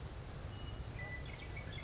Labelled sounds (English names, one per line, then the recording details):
Western Meadowlark
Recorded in Sonoma County, California